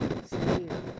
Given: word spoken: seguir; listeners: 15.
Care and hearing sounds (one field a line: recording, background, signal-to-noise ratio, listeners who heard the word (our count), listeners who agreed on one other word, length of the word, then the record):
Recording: one Spanish word in noise, from a listening test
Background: noise modulated by one talker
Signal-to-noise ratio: -9.7 dB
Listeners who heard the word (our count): 2 of 15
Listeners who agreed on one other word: 6 of 15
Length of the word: 0.59 s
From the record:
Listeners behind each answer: 6, 3, 2, 1, 1, 1, 1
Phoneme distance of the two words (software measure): 17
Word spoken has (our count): 2 syllables, 5 phonemes, stress on syllable 2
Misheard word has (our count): 2 syllables, 6 phonemes, stress on syllable 2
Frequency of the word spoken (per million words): 152.47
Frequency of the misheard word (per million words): 56.25